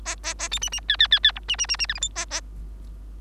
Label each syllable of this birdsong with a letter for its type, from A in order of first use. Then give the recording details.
A A A B C C D D D D E C C C C F G H A A. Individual Bird3